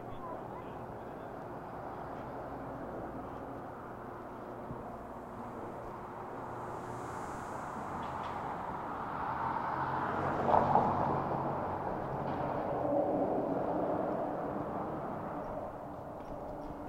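A bike ride from Harlem to the Bronx, with a steady rush of traffic and road noise filling the whole stretch. The sound swells between about 8 and 14 seconds as a vehicle passes, with a brief sharp clink near 10 seconds, then settles back to the constant hum.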